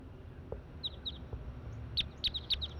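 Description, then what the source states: Crossbill calls: short, sharp chip notes near the upper-middle range, given singly and in quick pairs, with a louder cluster toward the end over a low background rumble. Female crossbill, bird 140, recorded near a net set up behind the cages at a waste lot, around 7:20.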